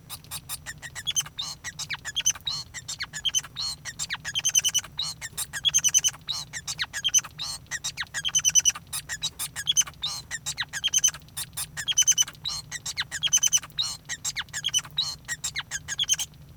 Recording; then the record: song of a male Bengalese finch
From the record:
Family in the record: son of father 5